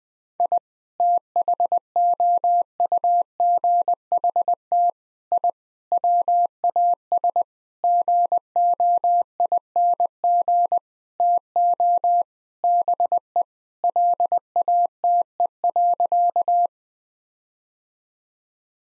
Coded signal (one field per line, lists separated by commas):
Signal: Morse code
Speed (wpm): 20 wpm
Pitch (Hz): 700 Hz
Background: none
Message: I THOUGHT I WAS GOING TO BE LATE.